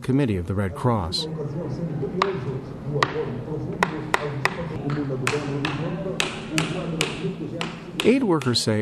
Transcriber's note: the sound of hammering